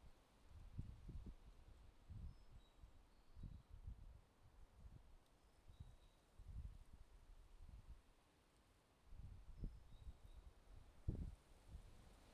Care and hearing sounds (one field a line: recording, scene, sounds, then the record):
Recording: everyday scene through a hearing-aid microphone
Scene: wind on the microphone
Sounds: wind, traffic, birds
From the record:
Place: suburban garden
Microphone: in the ear canal, left